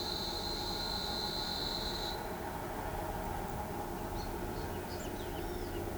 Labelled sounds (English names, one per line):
none